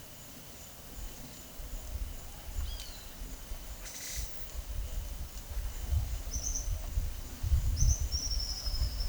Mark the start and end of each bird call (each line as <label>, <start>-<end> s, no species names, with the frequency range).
bird call (2.0-5.3 kHz), 2.63-3.04 s
bird call (4.5-7.1 kHz), 6.19-6.84 s
bird call (4.2-6.7 kHz), 7.77-9.08 s